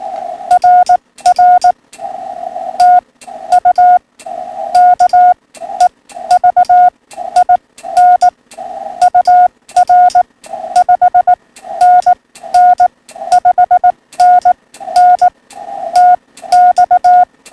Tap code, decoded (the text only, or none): none